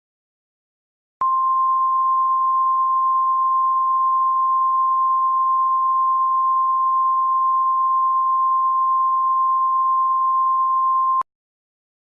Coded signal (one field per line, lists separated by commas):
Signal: Emergency Alert System (SAME) tones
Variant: 1050 Hz attention tone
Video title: EAS Scenario: Kansas Tornado Disaster